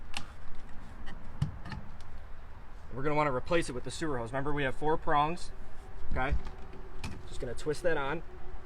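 A plastic bayonet cap is popped off an RV waste tank sewer outlet so the sewer hose can be attached, with a sharp plastic hit at 0.2 s followed by a few faint knocks. Someone then talks.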